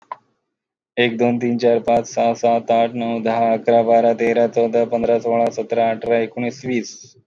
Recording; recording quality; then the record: counting at a normal pace; excellent, no background noise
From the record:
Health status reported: healthy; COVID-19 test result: not tested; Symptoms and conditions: none ticked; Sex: male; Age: 31 years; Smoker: not ticked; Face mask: not worn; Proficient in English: yes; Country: India